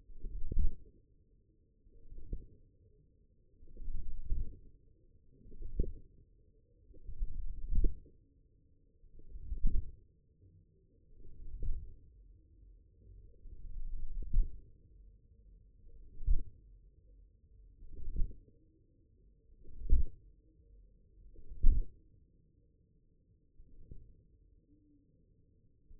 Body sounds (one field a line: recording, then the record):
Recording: forearm muscle sounds (acoustic myography)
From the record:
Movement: wrist extension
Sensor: system 1, eight BSWA MPA416 microphones around the upper forearm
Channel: 5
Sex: male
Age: 54 years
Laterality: right